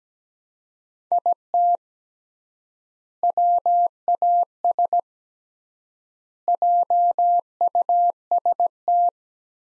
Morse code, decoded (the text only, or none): IT WAS JUST